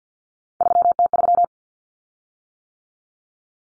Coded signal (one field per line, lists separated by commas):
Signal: Morse code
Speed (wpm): 50 wpm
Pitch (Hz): 700 Hz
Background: none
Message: 3T3